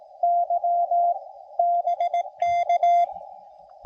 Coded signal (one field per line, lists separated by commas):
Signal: Morse code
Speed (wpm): 22 wpm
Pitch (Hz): 680 Hz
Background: none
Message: Y BK